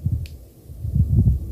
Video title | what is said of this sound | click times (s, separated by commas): How to replace battery of your car remote (ft. DIY) | until you hear like click sound click click see so mechanically | 0.3 s